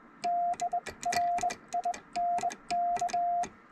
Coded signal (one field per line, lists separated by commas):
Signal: Morse code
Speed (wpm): 21 wpm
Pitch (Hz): 700 Hz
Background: none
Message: DRINK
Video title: Sending Morse Code on 107 year old Vibroplex Bug